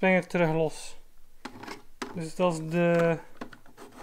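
A plastic smartphone holder adapter is handled at a motorcycle GPS cradle on a BMW R1200 GS. Someone talks, with brief handling knocks and scrapes between the words. Nothing has seated or clicked yet.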